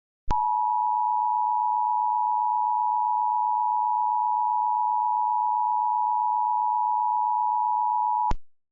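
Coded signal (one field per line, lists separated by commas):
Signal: Emergency Alert System (SAME) tones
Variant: 853 and 960 Hz attention tone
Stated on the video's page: Mock simulated EAS alert using valid EAS tones, with VHS effects added.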